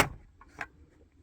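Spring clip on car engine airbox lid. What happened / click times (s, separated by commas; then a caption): The plastic spring clip snapped open / 0.6 s. On a 2010 Toyota Prius, the first plastic spring clip on the front of the engine airbox lid is flipped open by hand to reach the air filter. After a loud burst at the start and a faint tap around 0.4 s, the clip releases with a sharp, nice click at 0.6 s, leaving the clip open.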